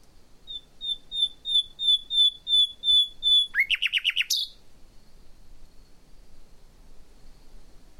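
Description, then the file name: Common nightingale song: a series of pure whistled notes repeated evenly, then a fast rattling trill and a sharp high note, followed by quiet. "Luscinia megarhynchos"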